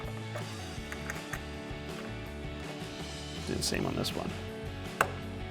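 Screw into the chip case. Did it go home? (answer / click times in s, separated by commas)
yes / 5.0 s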